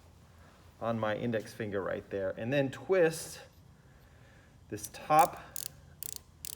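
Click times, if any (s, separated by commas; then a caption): 5.7 s, 6.0 s, 6.2 s, 6.5 s. The ratchet thimble on top of a micrometer closing on a screwdriver handle is twisted until its clutch slips. Someone talks first, then several short, sharp ratchet clicks sound at 5.7, 6.0, 6.2 and 6.5 seconds as the ratchet reaches its set torque.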